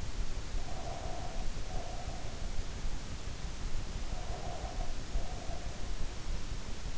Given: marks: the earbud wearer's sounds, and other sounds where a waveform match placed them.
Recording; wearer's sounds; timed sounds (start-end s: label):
sounds in sleep by an in-ear microphone; breath
0.41-2.42 s: breath
4.06-5.88 s: breath